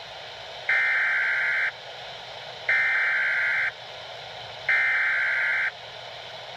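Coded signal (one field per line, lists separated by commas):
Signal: Emergency Alert System (SAME) tones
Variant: header bursts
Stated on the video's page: Severe thunderstorm warning on Weatheradio Canada.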